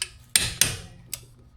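A click-type torque wrench set to 140 ft-lb tightens a wheel lug nut on a lowered 2024 GMC Canyon while the truck rests on all four wheels. A faint tick opens the clip, and the loudest sharp click comes at 0.4 s as the wrench breaks at its setting. A second sharp hit follows at 0.6 s, then a softer tap near 1.1 s.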